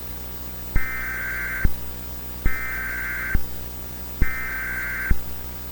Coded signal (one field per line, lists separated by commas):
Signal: Emergency Alert System (SAME) tones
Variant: header bursts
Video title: Presidential Alert EAS Scenario - Project Nightfall (2003)